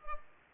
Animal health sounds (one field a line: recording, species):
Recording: mosquito wingbeat signal from an infrared sensor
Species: Culex pipiens